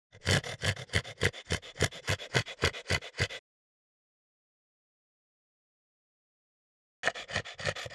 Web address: French Bulldog Gasp